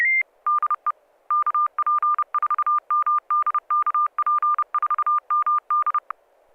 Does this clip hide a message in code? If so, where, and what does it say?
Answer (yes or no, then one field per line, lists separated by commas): yes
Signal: Morse code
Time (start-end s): 0.5-6.0 s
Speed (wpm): 30 wpm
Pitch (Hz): 1200 Hz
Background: none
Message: DE KP4MD KP4MD